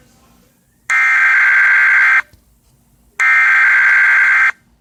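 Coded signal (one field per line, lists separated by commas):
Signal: Emergency Alert System (SAME) tones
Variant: header bursts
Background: speech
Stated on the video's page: Fictional EAS scenario, presented live and uncut.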